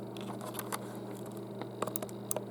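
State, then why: Seated. An SD memory card is pushed into the spring-loaded card slot of a Voopeak TC21 4K trail camera. Over a low steady hum, small scrapes and ticks are heard, then a sharp click at 2.3 s. The card seats with a click and still sticks out slightly, which is normal.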